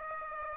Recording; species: mosquito wingbeat signal from an infrared sensor; Aedes aegypti